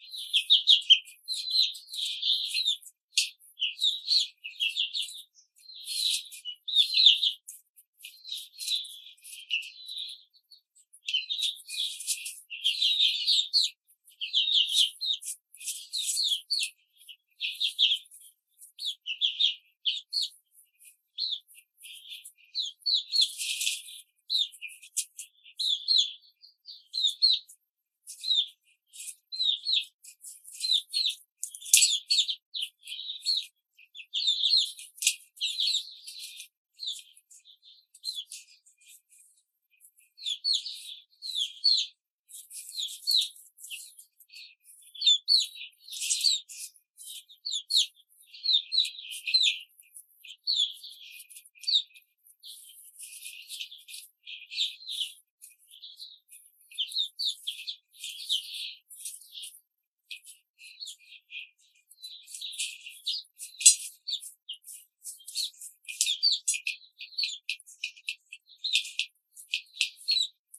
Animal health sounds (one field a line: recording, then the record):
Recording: young laying hens in a cage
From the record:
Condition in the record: control cage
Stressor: none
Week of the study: 5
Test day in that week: 1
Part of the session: 2